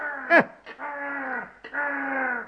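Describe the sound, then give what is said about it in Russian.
A raven caws three times: a short, sharp squawk followed by two long, drawn-out hoarse calls with a steady, buzzy tone, heard alone without talk. “Словлю-ка вот у этого ворона его вороненка.”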